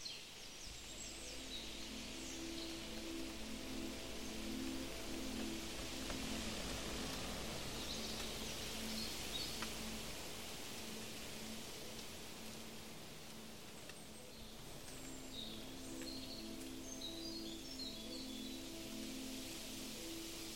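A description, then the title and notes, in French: A forest walk wrapped in steady natural ambience, a soft continuous hiss with a low hum and scattered bright bird chirps throughout. Balade en forêt bercé par les sons de la nature.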